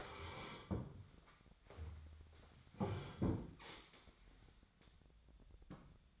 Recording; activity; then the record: daily activity, microphone in the room; sit down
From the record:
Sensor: 3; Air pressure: 1015.2 hPa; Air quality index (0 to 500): 140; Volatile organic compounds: 7 ppm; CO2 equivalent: 1989 ppm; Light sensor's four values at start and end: 15/38/15/16 and 15/38/15/16